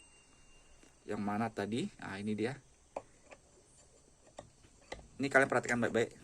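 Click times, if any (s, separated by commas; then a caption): none. A home-turned stainless 304 part is handled at its seat in the rear wheel assembly, where it will be pushed in as a press fit. Someone talks, with sharp brief ticks and knocks at about 3.0, 4.4 and 4.9 seconds. Nothing has seated yet.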